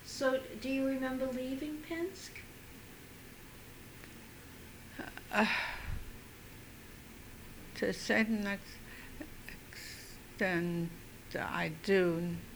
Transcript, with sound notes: So do you remember leaving Pinsk?
( she sighs ) To a certain extent, I do.